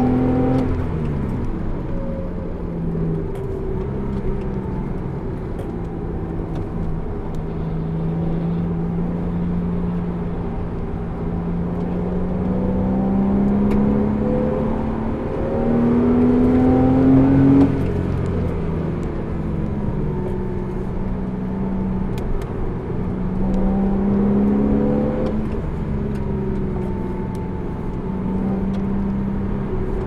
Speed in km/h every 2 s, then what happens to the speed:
111, 89, 83, 75, 81, 81, 92, 111, 126, 91, 84, 89, 101, 84, 90.
0-5 brakes to 75. 5-15 speeds up to 126. 15-21 brakes to 84. 21-23 speeds up to 101.